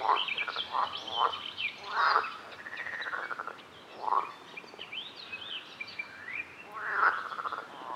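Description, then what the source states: Frog croaking in short pulsed, rasping bursts at irregular intervals, some rattling longer, with faint higher chirping notes above. Recorded at a lake.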